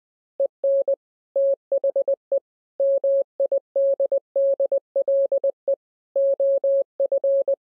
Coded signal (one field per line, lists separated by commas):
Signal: Morse code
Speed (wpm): 20 wpm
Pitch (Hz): 550 Hz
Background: none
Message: EN THE MIDDLE OF